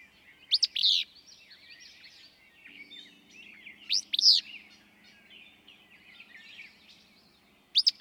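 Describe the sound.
Willow flycatcher singing abrupt, buzzy sneezed phrases roughly every three to four seconds, with a busy background chorus of other birds twittering.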